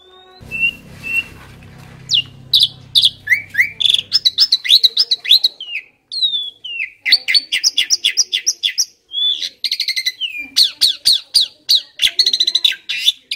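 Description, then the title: Asian pied starling song: sustained rapid chirping and whistled slurs, with dense bursts of quick repeated notes, after a short low rumbling start. Indonesian training (masteran) recording of pied starling song, used to stimulate caged birds that sing too little or are listless. "Masteran Jalak Suren AMPUH Dan EFEKTIF Atasi Burung KURANG GACOR Dan LOYO"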